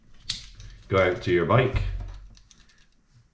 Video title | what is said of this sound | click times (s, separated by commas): How to replace BMW GS R1250GS Key Fob Battery for any GS Keyless Ignition Remote - Clearly described | from the bottom this way, and then just again apply pressure and it clicks back in. | 0.3 s